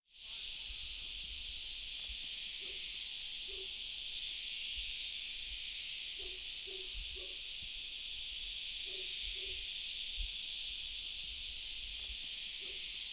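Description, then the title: Cicadas massed in an unbroken sizzling drone, high and even throughout, with a few faint low blips scattered underneath. Hundreds of cicadas calling together near Pocinho on the Douro River, Portugal. "Pocinho, Portugal - Cigarras no Pocinho"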